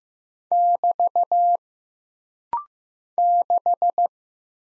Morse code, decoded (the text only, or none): <BT> 6